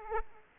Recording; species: mosquito wingbeat signal from an infrared sensor; Aedes aegypti